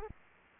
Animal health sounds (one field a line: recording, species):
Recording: mosquito wingbeat signal from an infrared sensor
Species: Aedes aegypti